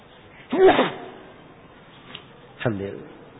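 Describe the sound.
A single loud, sharp sneeze bursts out and fades, followed after a pause by a voice saying "Alhamdulillah".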